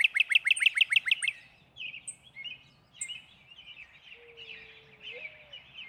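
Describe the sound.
Northern cardinal song: a fast string of sharp, down-slurred chips in little over a second, followed by mixed bird chatter and a low, rising coo.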